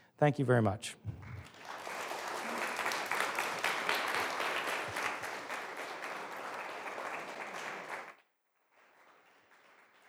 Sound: applause and cheering